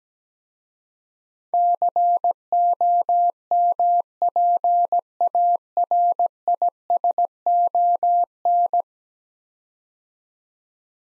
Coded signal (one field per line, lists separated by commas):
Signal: Morse code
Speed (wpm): 17 wpm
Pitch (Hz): 700 Hz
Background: none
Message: COMPARISON